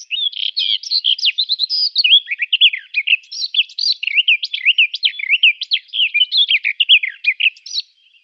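Garden warbler giving a long, unbroken, bubbling warble of rapid varied notes that runs for about eight seconds.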